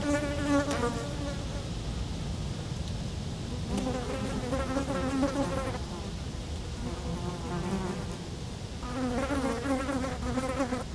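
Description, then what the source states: Fly: flies buzz in separate bursts of a few seconds with short gaps, pitch bending as they move, over steady low wind noise. Flies feeding on dung, close-up; Chemin de Lombardil, Fenouillet, France, near Blagnac airport; windy day; recorded with Sennheiser MKH8040 ORTF pair and SD MixPre6.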